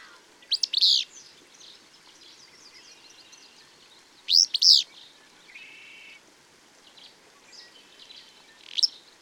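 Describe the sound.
Bird song: high, loud chirp pairs near the start and middle, with a short buzzy note and faint twittering between them.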